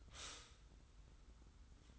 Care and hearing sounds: daily activity, microphone in the room; stop toaster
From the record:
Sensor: 3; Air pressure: 990.6 hPa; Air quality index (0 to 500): 158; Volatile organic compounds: 737 ppm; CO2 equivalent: 5076 ppm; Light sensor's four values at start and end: 41/98/40/37 and 41/98/40/37

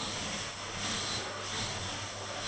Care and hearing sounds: daily activity, microphone in the room; vacuum cleaning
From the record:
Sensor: 4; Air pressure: 1000.9 hPa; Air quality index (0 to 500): 138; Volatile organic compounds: 2 ppm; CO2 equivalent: 1024 ppm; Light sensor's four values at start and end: 28/65/28/30 and 27/63/27/28

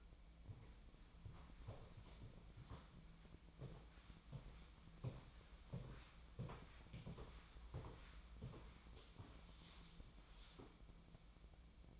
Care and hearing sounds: daily activity, microphone in the room; walk to room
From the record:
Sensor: 1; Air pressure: 1010.2 hPa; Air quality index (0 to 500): 182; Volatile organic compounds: 15 ppm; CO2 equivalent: 2504 ppm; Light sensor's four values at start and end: 38/98/41/50 and 39/100/42/51

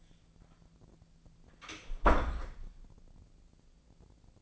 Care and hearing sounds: daily activity, microphone in the room; close door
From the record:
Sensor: 5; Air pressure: 1009.3 hPa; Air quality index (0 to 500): 164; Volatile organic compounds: 2 ppm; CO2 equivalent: 1256 ppm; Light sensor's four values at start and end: 120/281/121/130 and 119/280/121/130

